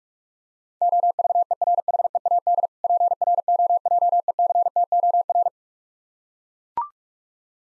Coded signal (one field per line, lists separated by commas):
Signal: Morse code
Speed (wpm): 45 wpm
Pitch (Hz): 700 Hz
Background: none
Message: OVERHEAD PROJECTOR